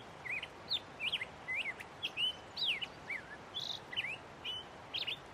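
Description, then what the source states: Black-headed Grosbeak giving clear whistled phrases that rise and fall in a rapid, bouncy warble, loud and distinct above light background hiss. Male singing, recorded in spring down by a creek near a mountain cabin, after migratory grosbeaks returned to the mountain.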